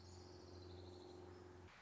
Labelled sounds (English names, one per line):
Orange-crowned Warbler